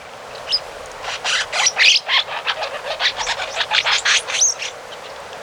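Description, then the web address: Tit-like dacnis uttering a rapid, uneven chatter of short high chirps, several notes a second, with occasional thin whistled squeaks over it. Recorded in Ecuador. "Birds of Ecuador Tit-Like Dacnis"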